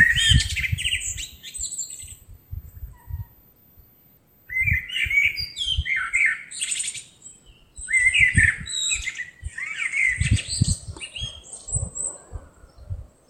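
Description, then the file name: Eurasian blackbird singing low fluted warbles followed by high squeaky twitters, in bursts separated by short pauses, over low thumping rumble. "Turdus merula"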